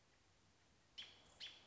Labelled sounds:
American Robin (Turdus migratorius)
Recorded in Sonoma County, California

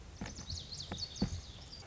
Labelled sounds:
Lazuli Bunting (Passerina amoena)
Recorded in Sonoma County, California

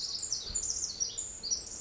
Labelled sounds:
Pacific Wren (Troglodytes pacificus)
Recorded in Sonoma County, California

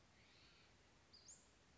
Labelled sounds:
Western Flycatcher (Empidonax difficilis)
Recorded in Sonoma County, California

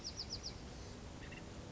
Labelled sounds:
Bewick's Wren (Thryomanes bewickii)
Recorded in Sonoma County, California

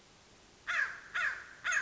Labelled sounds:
American Crow (Corvus brachyrhynchos)
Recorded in Sonoma County, California

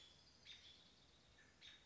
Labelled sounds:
American Robin (Turdus migratorius)
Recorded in Sonoma County, California

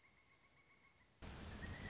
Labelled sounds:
Pileated Woodpecker (Dryocopus pileatus)
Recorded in Sonoma County, California

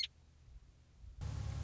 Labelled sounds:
Western Meadowlark (Sturnella neglecta)
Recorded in Sonoma County, California

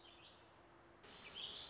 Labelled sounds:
Warbling Vireo (Vireo gilvus)
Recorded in Sonoma County, California

